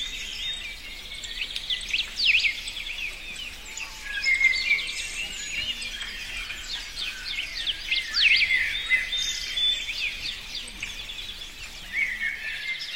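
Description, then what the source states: Birds singing, many overlapping high chirps, trills and sweeping whistles in a continuous chorus. In a forest.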